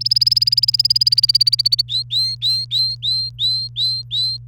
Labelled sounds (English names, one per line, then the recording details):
Domestic Canary song
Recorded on 28 April 2018 at 10:04
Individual llb3